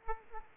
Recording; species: mosquito wingbeat signal from an infrared sensor; Aedes aegypti